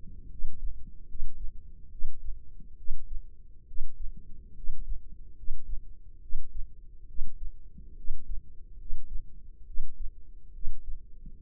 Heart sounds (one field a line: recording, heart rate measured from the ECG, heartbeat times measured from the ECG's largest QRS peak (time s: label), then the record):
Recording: heart sounds by microphone in the left ear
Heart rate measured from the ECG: 70 bpm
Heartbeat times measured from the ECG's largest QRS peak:
0.28 s: heartbeat
1.06 s: heartbeat
1.89 s: heartbeat
2.75 s: heartbeat
3.65 s: heartbeat
4.53 s: heartbeat
5.34 s: heartbeat
6.19 s: heartbeat
7.05 s: heartbeat
7.94 s: heartbeat
8.76 s: heartbeat
9.64 s: heartbeat
10.51 s: heartbeat
11.38 s: heartbeat
From the record:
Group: healthy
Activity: rest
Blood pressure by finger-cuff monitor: 132/75 mmHg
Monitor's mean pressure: 93 mmHg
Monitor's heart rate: 69 bpm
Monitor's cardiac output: 6.5 L/min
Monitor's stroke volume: 91 mL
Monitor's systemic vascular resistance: 1040 dyn s/cm5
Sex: female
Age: 22 years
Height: 154 cm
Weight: 58.7 kg